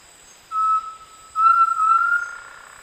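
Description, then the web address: Undulated tinamou whistled song: one short pure note, then a longer, slightly quavering whistle that trails off. Recorded in the eastern lowlands of South America. "Natures Songs S America Eastern Lowlands. Crypturellus undulatus, song"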